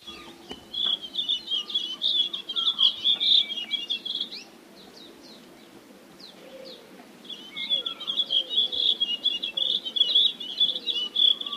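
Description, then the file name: Blue-and-white flycatcher song, rapid high twittering phrases with thin chips and trills, in two bursts separated by a quieter pause of about three seconds. "sikatan bakung"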